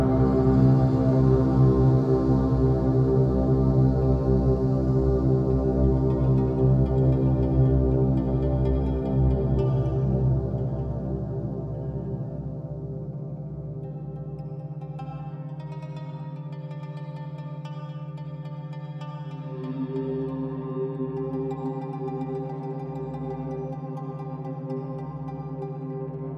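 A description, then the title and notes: Binaural beats: steady, sustained tones layered in a low, droning bed. The first ten seconds are fuller and louder, with a brighter shimmer on top; after that the sound thins out and drops in level, with a low pulsing hum and a few faint higher tones entering around fifteen and twenty seconds. Binaural Beats for headache relief.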